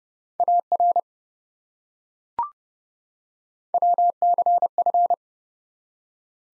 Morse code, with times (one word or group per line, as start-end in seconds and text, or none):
0.4-1.0 AR
3.7-5.1 WCF